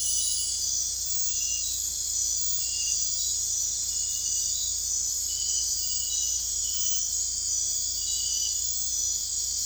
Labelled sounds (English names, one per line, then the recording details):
none
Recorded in dense forest near Puerto Asís, Putumayo, Colombia, on 16 December 2024 at 23:30
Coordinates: 0.466, -76.327
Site G075